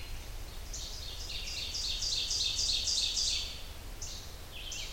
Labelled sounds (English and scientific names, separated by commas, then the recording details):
Ovenbird (Seiurus aurocapilla) song
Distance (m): 25 m
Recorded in boreal forest in Alberta, Canada, on 30 June 2016 at 06:39
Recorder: SongMeter 3, array SBT-6-79
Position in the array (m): 60 m, 148 m
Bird 40